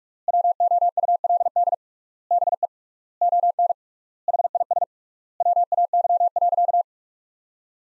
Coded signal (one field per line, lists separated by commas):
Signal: Morse code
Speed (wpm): 46 wpm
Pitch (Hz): 700 Hz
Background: none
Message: WOULD BE ON HIS WAY.